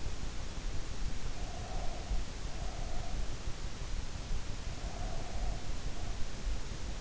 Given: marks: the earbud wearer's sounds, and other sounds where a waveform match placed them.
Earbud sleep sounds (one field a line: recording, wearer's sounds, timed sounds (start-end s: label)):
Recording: sounds in sleep by an in-ear microphone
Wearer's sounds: breath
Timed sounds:
1.26-3.42 s: breath
4.69-6.51 s: breath